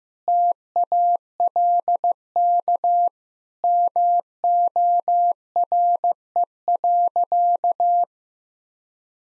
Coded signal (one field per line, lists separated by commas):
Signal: Morse code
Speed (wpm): 15 wpm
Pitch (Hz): 700 Hz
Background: none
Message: TALK MORE.